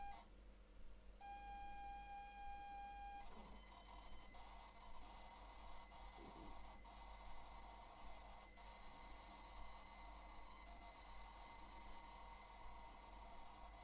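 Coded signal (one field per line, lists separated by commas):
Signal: ZX Spectrum tape loading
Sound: steady buzzy pilot tone for about two seconds, then harsh rasping data screech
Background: tape hiss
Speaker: Let's load it and see if it's the same Starblazer as the Missing in Action game by the same name from Sidewinder.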